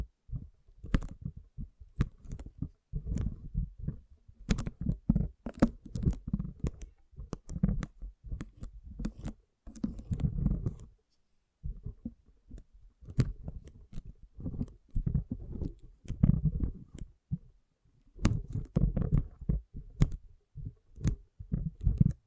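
Water beads squish and roll in dense, uneven bursts, mostly low and soft with thick rumbling weight. Sharp bright clicks and snaps cut through often. Brief silent gaps fall near 11 and 18 seconds before the squelching resumes.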